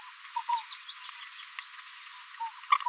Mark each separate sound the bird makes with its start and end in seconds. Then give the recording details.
2.71-2.75. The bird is a female. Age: 23 days. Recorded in a nest box in Venezuela. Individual 17B73B2